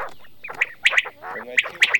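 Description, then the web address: Common quail calls, two quick sharp three-note phrases over softer, lower burbling sounds. For use in a decoy caller. "Перепел Quaglia. plurifon"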